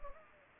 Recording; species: mosquito wingbeat signal from an infrared sensor; Anopheles gambiae